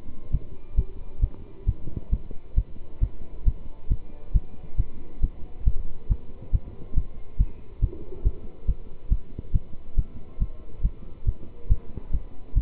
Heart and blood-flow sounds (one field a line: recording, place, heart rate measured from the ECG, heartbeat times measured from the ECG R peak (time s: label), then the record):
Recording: heart sounds by stethoscope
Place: between the tricuspid and mitral areas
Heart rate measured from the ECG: 137 bpm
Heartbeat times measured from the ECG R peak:
0.31 s: heartbeat
0.75 s: heartbeat
1.20 s: heartbeat
1.66 s: heartbeat
2.10 s: heartbeat
2.55 s: heartbeat
3.00 s: heartbeat
3.45 s: heartbeat
3.88 s: heartbeat
4.33 s: heartbeat
4.77 s: heartbeat
5.21 s: heartbeat
5.64 s: heartbeat
6.08 s: heartbeat
6.52 s: heartbeat
6.94 s: heartbeat
7.37 s: heartbeat
7.80 s: heartbeat
8.23 s: heartbeat
8.66 s: heartbeat
9.09 s: heartbeat
9.52 s: heartbeat
9.95 s: heartbeat
10.38 s: heartbeat
10.82 s: heartbeat
11.25 s: heartbeat
11.68 s: heartbeat
12.11 s: heartbeat
12.54 s: heartbeat
From the record:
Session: pedaling a stationary bicycle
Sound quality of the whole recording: good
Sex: male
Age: 27 years